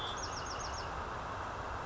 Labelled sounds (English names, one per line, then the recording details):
Bewick's Wren
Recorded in Sonoma County, California